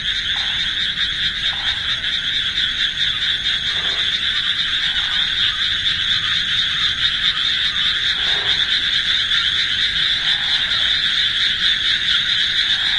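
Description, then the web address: Frog chorus, many frogs croaking together in a continuous rapid high-pitched rattle. Chorus of frogs; dated June 14, 2025. "c-soumei-rengou 2025 06 14 カエルの合唱"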